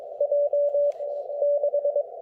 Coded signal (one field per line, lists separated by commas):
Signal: Morse code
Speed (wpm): 19 wpm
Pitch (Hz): 560 Hz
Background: radio noise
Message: J 6